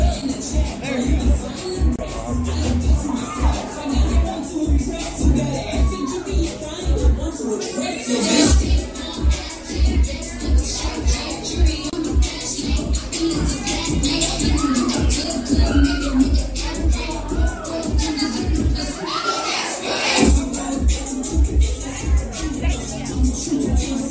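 Lively sounds from within Central 111: a dense, steady murmur of overlapping voices with footsteps and shuffling throughout. Low thumping pulses run underneath, and brief louder bursts of clatter stand out near eight and twenty seconds.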